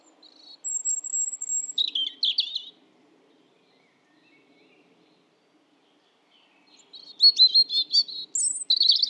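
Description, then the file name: European robin song: a long thin high whistle leading into a trilled phrase, a quiet pause, then a second bright warbling phrase. "Erithacus rubecula"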